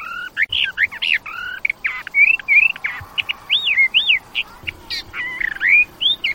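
Bird singing a lively jumble of whistled arcs, sweeping slurs and sharp chirps in quick succession, with a faint low hum toward the end.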